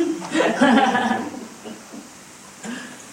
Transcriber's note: laughter